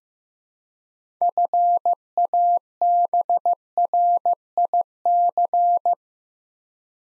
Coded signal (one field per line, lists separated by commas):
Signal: Morse code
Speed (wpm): 15 wpm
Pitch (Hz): 700 Hz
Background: none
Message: FABRIC